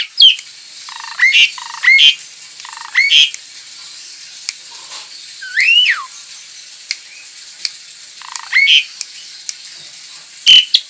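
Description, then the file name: Javan pied starling calls: short whistled notes and a longer rising-and-falling whistle, spaced a second or more apart, over steady background hiss. Lure call (pancingan) of the Javan pied starling, used to attract birds. "suara pancingan jalak suren"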